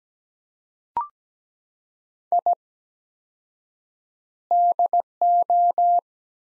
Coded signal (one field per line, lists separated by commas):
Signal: Morse code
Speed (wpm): 17 wpm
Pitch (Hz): 700 Hz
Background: none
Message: I DO